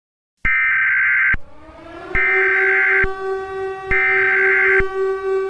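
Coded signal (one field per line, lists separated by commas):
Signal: Emergency Alert System (SAME) tones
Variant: header bursts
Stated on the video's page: Fictional EAS scenario.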